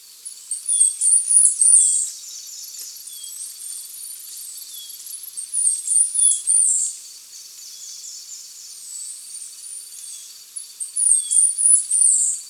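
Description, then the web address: Chestnut-capped brush-finch song: three bouts of very high, thin, hurried notes a few seconds apart, with faint high calls between. Recorded in Ecuador. "Birds of Ecuador. Chestnut-Capped Brush-Finch"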